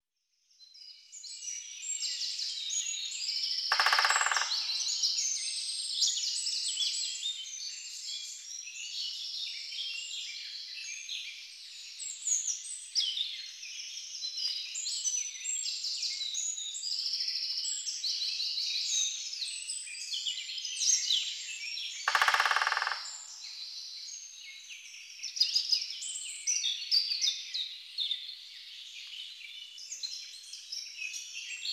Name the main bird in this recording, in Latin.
Dendrocopos major